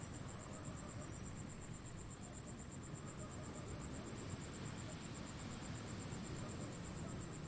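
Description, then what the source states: Insect call, a sustained high shrill buzz pulsing rapidly from start to end, layered over the low, constant roar of breaking ocean waves. Insect calls zapping above calm ocean waves at Phan Rang.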